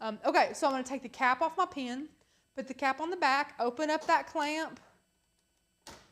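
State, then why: Seated. Someone talks while taking the cap off a plastic marker pen, putting the cap on the back, and opening clamp A on a craft cutting machine. After a pause, the pen is pushed down into the accessory clamp's holder, and it seats with a sharp click at 5.9 s.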